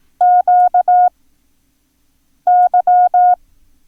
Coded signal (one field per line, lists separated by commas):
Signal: Morse code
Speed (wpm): 18 wpm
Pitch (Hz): 720 Hz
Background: none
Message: QY